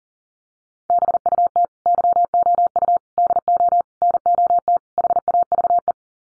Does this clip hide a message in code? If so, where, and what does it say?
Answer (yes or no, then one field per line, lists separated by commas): yes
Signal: Morse code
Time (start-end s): 0.9-5.9 s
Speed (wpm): 40 wpm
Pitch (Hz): 700 Hz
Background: none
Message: BUT YOU DO NOT HAVE